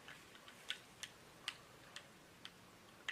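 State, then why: Not seated. During reassembly of a Ruger MK .22 pistol, a metal part around the bolt is handled and forced upward toward the steel receiver, producing a series of short, sharp ticks over a quiet background. Nothing has seated or clicked into place yet.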